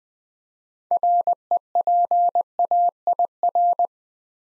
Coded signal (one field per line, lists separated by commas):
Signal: Morse code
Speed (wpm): 20 wpm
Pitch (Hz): 700 Hz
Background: none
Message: REPAIR